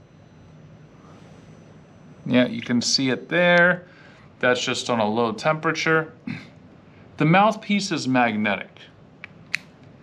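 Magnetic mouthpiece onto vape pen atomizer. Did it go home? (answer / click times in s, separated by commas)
yes / 9.5 s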